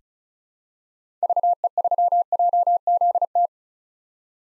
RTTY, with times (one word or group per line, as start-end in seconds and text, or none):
none